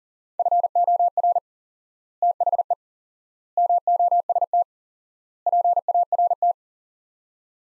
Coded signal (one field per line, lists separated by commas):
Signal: Morse code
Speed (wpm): 40 wpm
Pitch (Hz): 700 Hz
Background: none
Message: FOR THE MOST PART